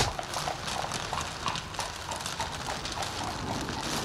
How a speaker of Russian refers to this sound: Дубровский сел с Гришей в телегу, Антон ударил по лошадям, и они выехали со двора.